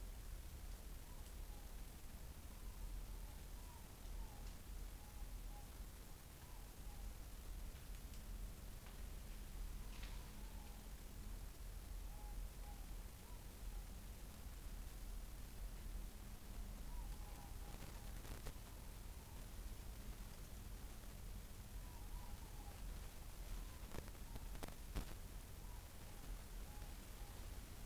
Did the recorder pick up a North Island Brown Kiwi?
no